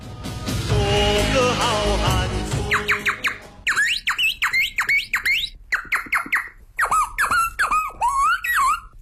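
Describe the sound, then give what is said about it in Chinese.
A Beijing vocal mimicry (kouji) performer in his 70s imitates birdsong: after a dense, loud opening few seconds, rapid high whistled chirps and sweeping trills come in quick bursts separated by short pauses, with no talking. “您现在听到的这鸟声可不是真的鸟叫，而是人学的鸟叫。”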